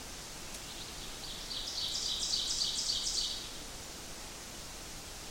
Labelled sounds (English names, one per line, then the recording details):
Ovenbird song
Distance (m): 35 m
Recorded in boreal forest in Alberta, Canada, on 8 June 2016 at 05:42
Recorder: SongMeter 3, array SBT-3-9
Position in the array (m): 51 m, 107 m
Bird 33